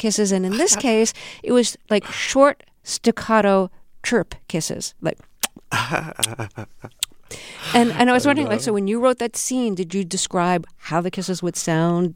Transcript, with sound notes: And in this case, it was, like, short, staccato, chirp kisses, like...
(SOUNDBITE OF KISSING)
And I was wondering, like, so when you wrote that scene, did you describe how the kisses would sound?